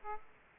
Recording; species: mosquito wingbeat signal from an infrared sensor; Aedes aegypti